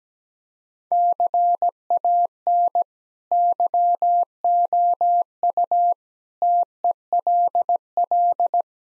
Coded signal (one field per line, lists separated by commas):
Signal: Morse code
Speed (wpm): 17 wpm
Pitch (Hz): 700 Hz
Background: none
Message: CAN YOU TELL